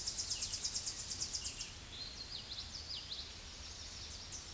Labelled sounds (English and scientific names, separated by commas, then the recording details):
Common Yellowthroat (Geothlypis trichas) song
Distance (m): 15 m
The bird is about 5 m above the microphone
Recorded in a Pennsylvania forest on 16 May 2024 at 08:21
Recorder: AudioMoth, point MSD-0665
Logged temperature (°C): 16.1 °C
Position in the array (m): 78 m, 100 m